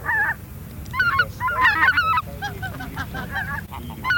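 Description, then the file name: Greater white-fronted goose: greater white-fronted geese chattering as a flock, overlapping yelping, cackling calls, with a steady low rumble underneath. Flock chatter of white-fronted geese, a lure recording. "Белолобый базар"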